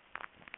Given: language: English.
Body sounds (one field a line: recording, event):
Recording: throat vibration sensor signal played as sound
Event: swallow